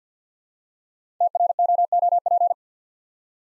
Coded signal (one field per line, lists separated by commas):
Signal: Morse code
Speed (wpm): 51 wpm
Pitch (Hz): 700 Hz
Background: none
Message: TROOP